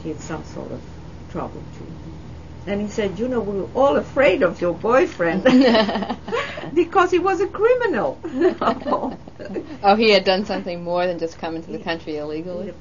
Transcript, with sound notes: He had some sort of problem. And he said, "You know, we were all afraid of your boyfriend." ( they laugh ) Because he was a criminal.
Oh, he had done something more than just come into the country illegally?